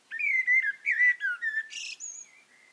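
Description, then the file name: Eurasian blackbird singing loudly: a rich run of mellow, slurred flute-like whistles, then a brief harsh high burst and a thin trailing note. "Turdus merula"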